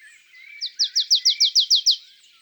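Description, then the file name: Marsh tit song: a single dry, rapid trill of about nine identical downslurred notes, high-pitched and evenly spaced, lasting just over one second. "Mesange nonnette ABC des chants doiseaux"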